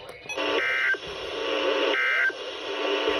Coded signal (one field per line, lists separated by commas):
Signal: Emergency Alert System (SAME) tones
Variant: end-of-message bursts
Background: speech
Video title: (ARCHIVED) i just got home.. (EAS #206-207)